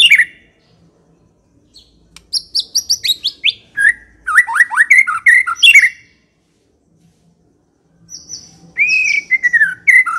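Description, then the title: White-rumped shama song: rich varied whistled phrases, rapid downslurred notes and sweeping slides, broken by a silent pause, then a warbled run. Lure meant to provoke a fierce, aggressive white-rumped shama. "Pancingan Murai Batu Galak"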